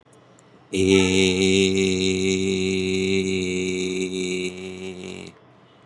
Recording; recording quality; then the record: sustained vowel as in made; excellent, no background noise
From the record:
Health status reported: COVID-19 positive, mild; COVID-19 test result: positive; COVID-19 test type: RT-PCR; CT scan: not taken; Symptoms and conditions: cough, sore throat, hypertension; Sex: male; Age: 61 years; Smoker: no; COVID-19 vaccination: both doses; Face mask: not worn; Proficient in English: yes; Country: India